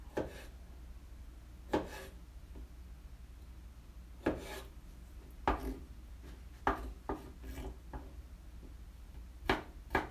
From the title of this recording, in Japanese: キッチンの音